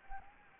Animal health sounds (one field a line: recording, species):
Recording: mosquito wingbeat signal from an infrared sensor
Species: Anopheles arabiensis